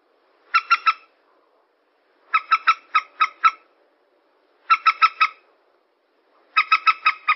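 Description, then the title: Yellow-vented bulbul chatter: regular bursts of three to six harsh notes arriving roughly every two seconds, quiet between. Bird lure recording. "PIKAT TRUCUKAN"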